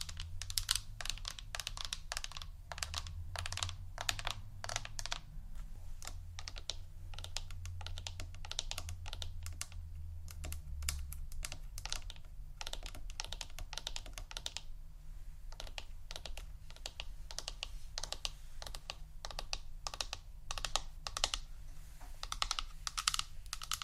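Quick, crisp tapping like fingers clattering on a keyboard runs the whole time in dense, uneven bursts with brief pauses near 15 and 19 seconds. A low, steady hum sits underneath, swelling slightly between about 1 and 12 seconds.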